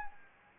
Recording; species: mosquito wingbeat signal from an infrared sensor; Anopheles gambiae